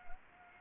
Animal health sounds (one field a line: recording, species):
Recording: mosquito wingbeat signal from an infrared sensor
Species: Anopheles gambiae